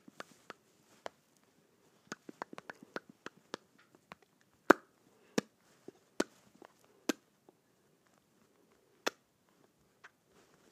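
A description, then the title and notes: Lips smack together in short, sharp wet clicks, scattered irregularly across the clip, some in quick clusters and others spaced apart. A few louder, crisp pops stand out around the fifth to ninth seconds. Between them there is near silence with a faint low murmur. ASMR Smacking my Lips Together.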